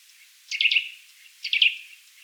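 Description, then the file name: Eurasian nuthatch calls twice in quick succession, each a short cluster of sharp, high piping notes. "Sitta europaea"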